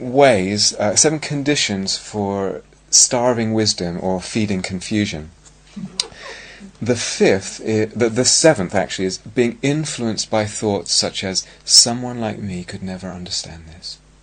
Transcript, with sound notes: ways, seven conditions for starving wisdom or feeding confusion. [laughter] The seventh is being influenced by thoughts such as, "Someone like me could never understand this."